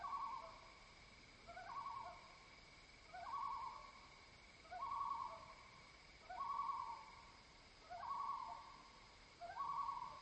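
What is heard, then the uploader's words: Loons call at night in a steady series of mid-pitched cries, one every second and a half, over a constant thin high drone. Today we’re sitting at the edge of a dock on Squam Lake in Holderness, New Hampshire. After dark, the loons perform their night chorus.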